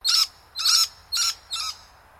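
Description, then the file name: Scaly-breasted lorikeet screeching: four harsh, grating, high-pitched shrieks in quick succession, about half a second apart, the last ones slightly weaker. "BIRD SCALEY BREATES LORIKEET CALL"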